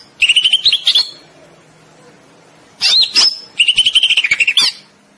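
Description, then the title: Greater green leafbird song: bursts of rapid, high, whistled and chattering notes, a pause, then another long run of quick repeated twittering phrases. Described as gacor, singing persistently. "Cucak Ijo Gacor"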